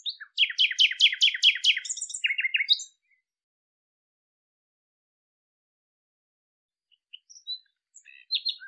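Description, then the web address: Bird chirping: a lively, rapid series of stacked buzzy notes and short trills for three seconds, silence, then scattered soft high chirps. "cianscape birddata Deverinetal 2025"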